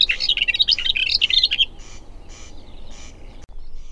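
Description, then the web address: Booted warbler gives a brief burst of rapid, scratchy warbled notes, then faint, spaced, breathy pulses. Recorded June 2007. "Hipcal. kesakuu-2007"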